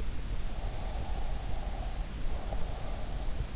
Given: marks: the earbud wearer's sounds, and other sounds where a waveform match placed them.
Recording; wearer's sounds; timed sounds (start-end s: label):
sounds in sleep by an in-ear microphone; breath
0.88-3.29 s: breath